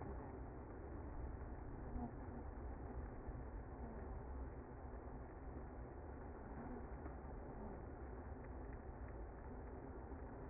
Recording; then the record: honeybee colony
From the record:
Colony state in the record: active